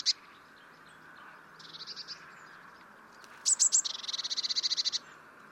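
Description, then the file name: Eurasian blue tit scolding calls: a sharp high note, a short buzzy churr, then crisp notes leading into a longer rapid churring rattle of about a dozen pulses. "Cyanistes caeruleus"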